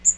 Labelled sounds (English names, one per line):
Magnolia Warbler flight call